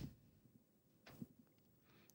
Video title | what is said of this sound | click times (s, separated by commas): LINUX COMPUTER BUILD! Ubuntu - i7-13700K - RTX 3060 - OBS - Blackmagic - WHOA! | And you might have heard a little click there. It tapped into place. | 1.1 s